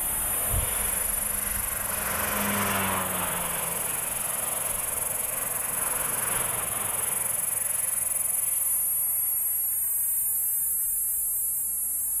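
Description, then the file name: Cicada holding a constant piercing high buzz. A broad rushing hiss is heard early, and there is a brief low thump near the start. Recorded at Sir Lowry's Pass, South Africa. "P catenata Sir Lowry's Pass"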